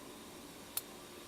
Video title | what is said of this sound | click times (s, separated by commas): Moto Maint ( plug and oil change ) 1998 xl1200c | and you see that snap and click and then we're done | 0.8 s